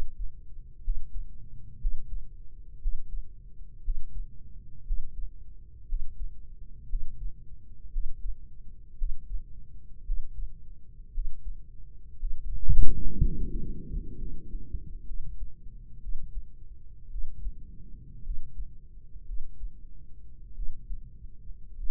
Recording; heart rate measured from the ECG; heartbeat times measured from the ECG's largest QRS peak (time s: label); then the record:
heart sounds by microphone in the right ear; 57 bpm
0.82 s: heartbeat
1.79 s: heartbeat
2.80 s: heartbeat
3.82 s: heartbeat
4.84 s: heartbeat
5.87 s: heartbeat
6.87 s: heartbeat
7.90 s: heartbeat
8.96 s: heartbeat
10.04 s: heartbeat
11.12 s: heartbeat
12.17 s: heartbeat
13.20 s: heartbeat
14.16 s: heartbeat
15.04 s: heartbeat
15.99 s: heartbeat
17.08 s: heartbeat
18.22 s: heartbeat
19.24 s: heartbeat
20.53 s: heartbeat
21.74 s: heartbeat
From the record:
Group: healthy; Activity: breath hold 0-10 s, rest 10-22 s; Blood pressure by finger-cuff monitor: 123/81 mmHg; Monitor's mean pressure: 91 mmHg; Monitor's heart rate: 59 bpm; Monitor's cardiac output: 4.6 L/min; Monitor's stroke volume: 77 mL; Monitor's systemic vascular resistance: 1420 dyn s/cm5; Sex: female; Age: 23 years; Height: 160 cm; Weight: 50.4 kg